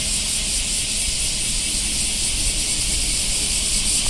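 Cicada chorus, an unbroken shrill hiss-like drone with rapid pulsing, holding an even level the whole time, with a low rumble underneath.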